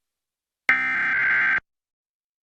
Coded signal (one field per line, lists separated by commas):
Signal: Emergency Alert System (SAME) tones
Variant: header bursts